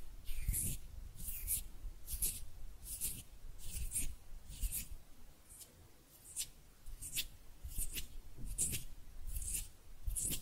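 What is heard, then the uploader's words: Hand sounds: a steady run of soft, hissing rubbing strokes, repeating at a regular pace of about one or two every second across the whole clip. Each stroke carries a bright, papery swish over a low, muffled thump, with brief quiet gaps between. ASMR Relaxing Hand Sounds (No Talking).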